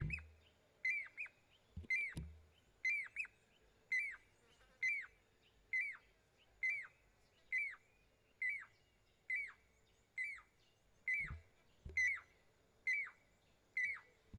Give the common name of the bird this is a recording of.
Pied Cuckoo